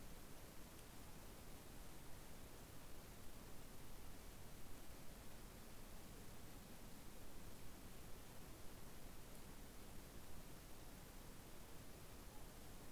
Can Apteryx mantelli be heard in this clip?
no